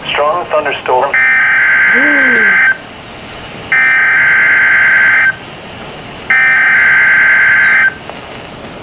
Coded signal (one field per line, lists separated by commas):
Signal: Emergency Alert System (SAME) tones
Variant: header bursts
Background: speech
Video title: EAS Special Marine Warning on KWO39 - 4/13/22 3:40 PM